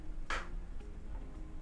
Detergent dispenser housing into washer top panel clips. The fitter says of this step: And that should just click right in these two clips here.